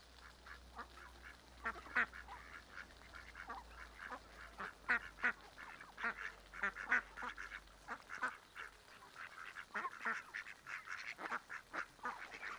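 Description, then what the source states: Mallard calling in quick, irregular bursts of short quacking notes, several birds overlapping, over steady background noise. Adults, half-grown birds and small ducklings with their mothers on a small river in a park, Griñón, Madrid, Spain; Sunday afternoon; excited when people feed them; Zoom H1n recorder.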